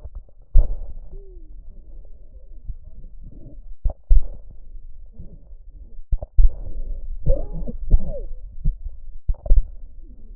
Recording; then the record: lung sounds by stethoscope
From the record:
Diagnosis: emphysema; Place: left posterior upper chest